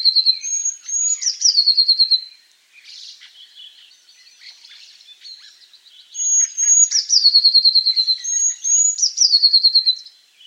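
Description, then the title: Eurasian blue tit song: two or three thin high notes followed by a fast lower trill, the phrase given three times, with soft twittering between. "Eurasian Blue Tit (Cyanistes caeruleus)"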